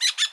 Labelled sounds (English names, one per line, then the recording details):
Brown-throated Parakeet contact call
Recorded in Bonaire
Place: 1 km N of power plant, rd to Republiek
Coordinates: 12.184, -68.285